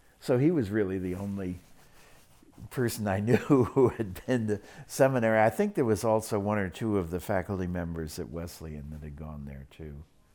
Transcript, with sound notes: So he was really the only person I knew [Laughs] who – who had been to seminary- I think there was also one or two of the faculty members at Wesleyan had gone there too.